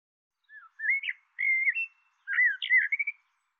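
A bird utters several short phrases of warbled whistles, the last ending in quick notes; background otherwise silent.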